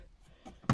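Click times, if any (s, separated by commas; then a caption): 0.7 s. On a 2015 Kia Ceed SW (JD), a new latch mechanism and its pin are refitted into the plastic centre console armrest. After a quiet stretch of faint handling noise, a sharp, loud snap sounds at 0.7 s as the latch pin seats into place.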